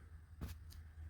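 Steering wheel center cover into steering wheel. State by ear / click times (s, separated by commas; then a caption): seated / 0.7 s. On a Ram TRX, the second side of the steering wheel center cover (horn pad) is pushed onto its prongs after the first side has already popped in; the horn fuse is out. A brief broadband push noise comes at about 0.4 s, followed by a sharp click at 0.7 s as the cover seats into the steering wheel.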